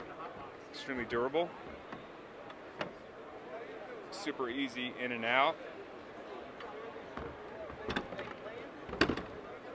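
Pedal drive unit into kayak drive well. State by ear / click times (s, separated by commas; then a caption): seated / 9.0 s. A pedal drive unit is dropped into a kayak's hull drive well and locked in place with a single lever while someone talks. A few light knocks come before a loud, sharp click at 9.0 s as the drive locks in, seated.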